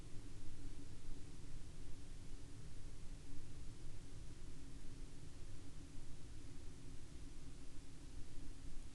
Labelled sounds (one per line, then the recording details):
aircraft
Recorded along the Dalton Highway, Alaska, on 22 April 2019 at 01:29
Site 08